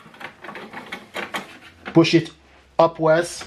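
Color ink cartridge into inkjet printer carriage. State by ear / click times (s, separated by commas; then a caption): not seated / none. A color ink cartridge is guided into the carriage slot of an HP DeskJet 4220e inkjet printer, lined up before being pushed upward to seat, with a few faint handling taps. Someone talks throughout, and the cartridge has not seated or clicked yet.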